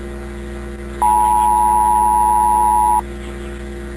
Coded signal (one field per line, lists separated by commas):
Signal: Emergency Alert System (SAME) tones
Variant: 853 and 960 Hz attention tone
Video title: SpongeBob’s Last Stand EAS Alert/-|-\ [2010]